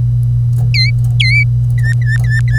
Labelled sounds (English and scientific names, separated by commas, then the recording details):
Domestic Canary (Serinus canaria) song
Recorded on 25 April 2018 at 09:34
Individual llb3